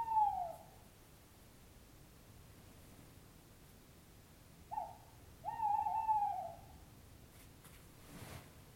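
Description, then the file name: Owl calling with three tonal hoots: one at the start, a short one midway, then a longer, gently falling hoot, followed by faint soft noise. "chouette"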